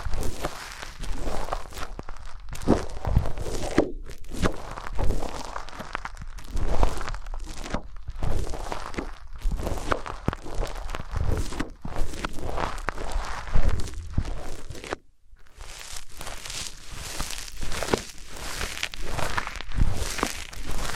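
Objects of wood, cork, sponge, foam, glass and plastic are handled and rubbed, giving dense scraping, crunching and crinkling noise in uneven bursts. Short silences break it up near 2.5, 4, 8 and 15 seconds, and the sound is fuller and brighter after the last pause.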